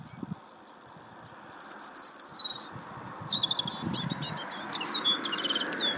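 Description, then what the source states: Bird song of thin, high whistles and quick chirping notes, repeated in short bursts over a soft steady background hiss. Bird song in Ireland.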